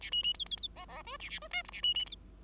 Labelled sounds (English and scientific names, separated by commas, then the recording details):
Bengalese Finch (Lonchura striata domestica) song
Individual Bird5